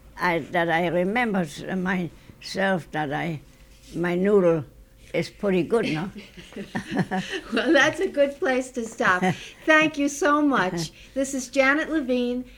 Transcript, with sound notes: I remember myself that I, my noodle is pretty good now. ( they laugh )
Well, that's a good place to stop. Thank you so much. This is Janet Levine.